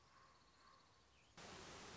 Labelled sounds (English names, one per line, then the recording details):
Common Raven
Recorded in Sonoma County, California